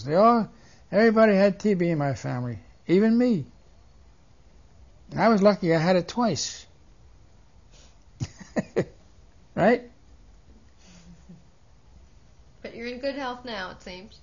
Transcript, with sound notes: They all, everybody had TB in my family, even me. I was lucky, I had it twice (he laughs) right?
But you're in good health now, it seems.